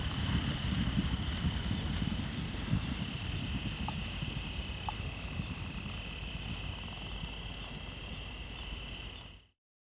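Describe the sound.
Zebra herd running: a dense, low rumble of many hoofbeats pounding steadily, with a constant high-pitched whine in the background and a couple of faint clicks.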